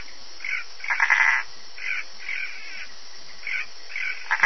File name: Bokermannohyla hylax